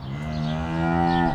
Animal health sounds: contact call of a hoofed animal; cattle; low-frequency (closed-mouth) or high-frequency (open-mouth) call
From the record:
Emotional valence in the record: negative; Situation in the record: physical separation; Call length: 1.35 s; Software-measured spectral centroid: 1390 Hz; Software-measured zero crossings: 1170 a second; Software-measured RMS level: -24 dBFS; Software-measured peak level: -10 dBFS

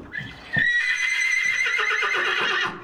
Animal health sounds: contact call of a hoofed animal; horse; whinny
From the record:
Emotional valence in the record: negative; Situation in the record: group separation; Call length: 2.8 s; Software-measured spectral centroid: 2530 Hz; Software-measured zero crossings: 3780 a second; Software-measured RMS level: -23 dBFS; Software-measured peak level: -9 dBFS

